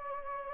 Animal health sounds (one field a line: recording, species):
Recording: mosquito wingbeat signal from an infrared sensor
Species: Anopheles gambiae